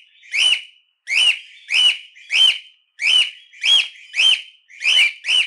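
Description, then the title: Cockatiel calling in a steady run of nine or so clear whistles, each swelling up and dropping away, repeated roughly every half second. Song intended for training cockatiels. "Canto Para Treinar Calopsita"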